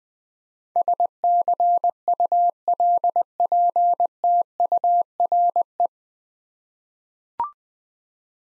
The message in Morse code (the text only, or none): SCULPTURE